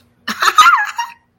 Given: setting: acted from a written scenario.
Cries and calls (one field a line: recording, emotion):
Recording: vocal sound without words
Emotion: elation